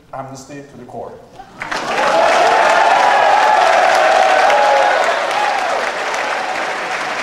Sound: applause and cheering